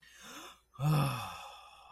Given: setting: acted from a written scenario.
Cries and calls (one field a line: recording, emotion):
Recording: vocal sound without words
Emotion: shame